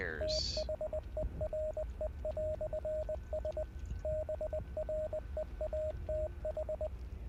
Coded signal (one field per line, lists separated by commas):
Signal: Morse code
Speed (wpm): 19 wpm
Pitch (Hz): 620 Hz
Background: radio noise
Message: THERE"S BREATH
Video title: Hell Is Us | Key Provided By Rogue Factor | September 3 2025 - Livestream #5